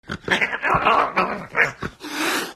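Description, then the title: Cat making harsh, throaty growls and yowls in uneven bursts, ending with a broad, breathy hiss. Angry cat. "Звук злой кошки"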